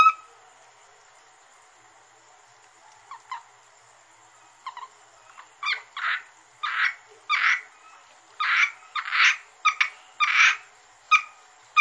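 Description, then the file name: Asian grass frog calls: soft clicking notes at first, building to loud raspy croaks repeated in a rough rhythm, with a faint constant high hum. "rana limnocharis yannick dauby gruenrekorder"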